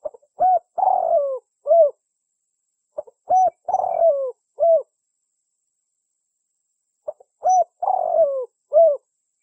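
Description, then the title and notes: Spotted Dove cooing: three phrases of short soft notes around a longer, descending burry coo, each phrase about four seconds apart, with silence between. Compilation of dove calls meant as a lure for trapping. "Pikat Burung Tekukur. suara burung tekukur"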